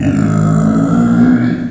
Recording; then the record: squeal of a Yucatan mini pig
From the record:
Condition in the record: after surgery on the right vocal fold (resection and tissue-engineered implant); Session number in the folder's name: 3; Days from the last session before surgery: 21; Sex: female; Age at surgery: 19 weeks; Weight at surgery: 25 kg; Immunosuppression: prednisolone